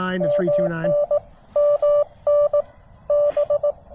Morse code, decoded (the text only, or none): MN MN B